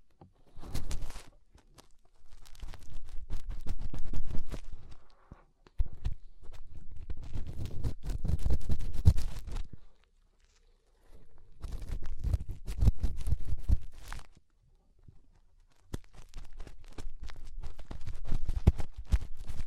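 Fingers rub and scratch at the inner ear in dense bursts of crackling, rumbling friction, each lasting a few seconds. Clear silent gaps fall around 5, 10 and 15 seconds before the scratching resumes, with sharp ticks and pops scattered throughout.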